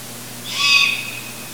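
Long-eared owl juvenile giving a single drawn-out, hissing squeak lasting about half a second, swelling then fading, over faint steady background hiss.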